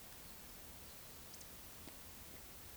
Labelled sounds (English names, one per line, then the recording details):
Eurasian Woodcock whistle
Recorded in Baden-Württemberg, Germany, on 11 June 2021 at 20:09 UTC
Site 24606, 635 m above sea level